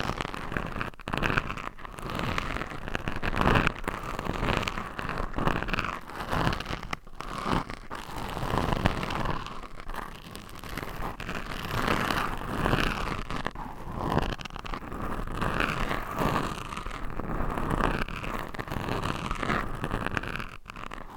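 Nails scratch steadily across mic covers in a dense, continuous rasping texture, with brief sharp pauses around two, seven and twenty seconds.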